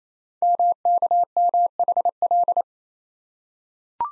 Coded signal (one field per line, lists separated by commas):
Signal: Morse code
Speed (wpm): 28 wpm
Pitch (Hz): 700 Hz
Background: none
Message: MKMHL